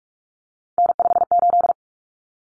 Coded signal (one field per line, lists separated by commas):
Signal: Morse code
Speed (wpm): 44 wpm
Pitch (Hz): 700 Hz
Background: none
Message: N58